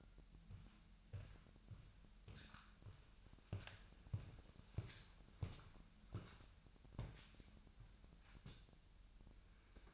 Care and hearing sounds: daily activity, microphone in the room; walk to room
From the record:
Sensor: 2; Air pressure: 1001.9 hPa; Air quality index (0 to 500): 246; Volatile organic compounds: 34 ppm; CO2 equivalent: 3038 ppm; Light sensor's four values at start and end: 7/17/7/7 and 7/17/7/7

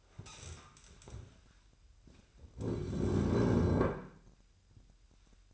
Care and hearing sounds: daily activity, microphone in the room; stand up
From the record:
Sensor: 2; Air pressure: 1001.8 hPa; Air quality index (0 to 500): 236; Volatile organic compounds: 68 ppm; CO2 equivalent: 3496 ppm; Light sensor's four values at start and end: 8/18/7/8 and 7/16/6/7

